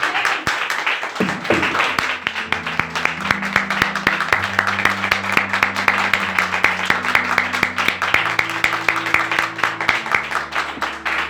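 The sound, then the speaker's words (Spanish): An audience applauds Christ steadily for about eleven seconds, a dense, even wash of many hands clapping, with sustained low organ-like chords holding underneath and shifting between notes. “Dale ese aplauso a Cristo.”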